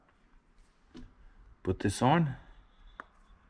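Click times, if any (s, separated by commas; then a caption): 3.0 s. A plastic wedge lock is pushed onto the face of a sealed wire connector housing and snaps into place with a sharp click at 3.0 s, leaving it seated and sealed. Someone talks before the click, and a faint softer tap is heard near 1.0 s.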